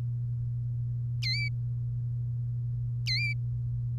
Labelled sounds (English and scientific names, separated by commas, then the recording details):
Domestic Canary (Serinus canaria) song
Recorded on 3 May 2018 at 08:40
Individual llb3